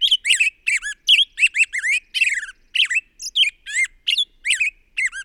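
Bird delivering a rapid, unbroken run of scratchy, warbling squawks, notes bending up and down in quick succession with hardly a pause.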